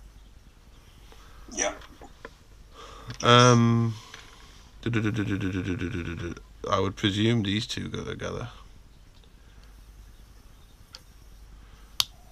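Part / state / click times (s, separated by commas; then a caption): plastic model kit part pressed into its mating part / seated / 12.0 s. Someone talks while two plastic parts of a Bandai 1/12 scale Shoretrooper model kit are pressed together by hand, without glue. After some faint handling ticks, a sharp snap is heard at 12.0 s as one part seats into its mating part.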